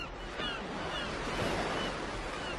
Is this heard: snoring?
no